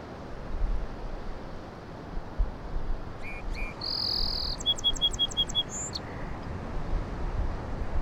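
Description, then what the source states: Song sparrow singing: two crisp introductory notes, a steady buzzy note, a quick trill of about six notes, a high note and a lower closing note, with surf rumbling throughout. Singing on Low Island; song sounded different from sparrows around town; surf crashing; recorded with handheld Sony PCM-M10 in a very light breeze.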